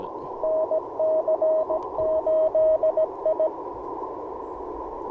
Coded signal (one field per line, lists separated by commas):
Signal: Morse code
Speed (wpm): 22 wpm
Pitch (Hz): 590 Hz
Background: radio noise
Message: NC8I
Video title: Morning Morse Code - 10/30/2024